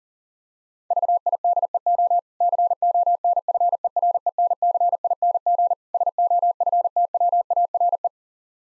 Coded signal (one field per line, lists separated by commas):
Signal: Morse code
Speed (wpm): 40 wpm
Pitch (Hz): 700 Hz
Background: none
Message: VIDEO CONFERENCING SOFTWARE